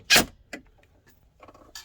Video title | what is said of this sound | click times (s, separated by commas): How to add an electrical outlet! | Once you hear those 2 clicks, you're torqued properly. | 0.5 s, 1.8 s